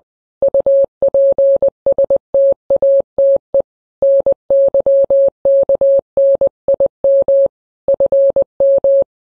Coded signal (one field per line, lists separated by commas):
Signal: Morse code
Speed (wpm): 21 wpm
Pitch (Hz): 550 Hz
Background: none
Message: UPSTATE NY KN IM FM